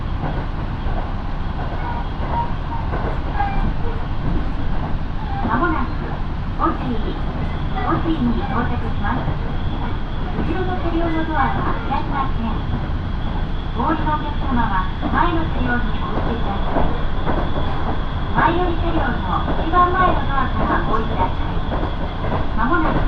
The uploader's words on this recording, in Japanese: 耳で楽しむ鉄道旅 身延線普通 身延→市川大門。